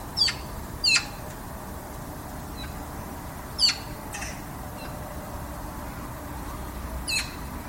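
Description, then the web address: Bird calls: a few short, high, squeaky notes scattered over several seconds above a constant low rushing background noise. "cianscape birddata Deverinetal 2025. Bird Only"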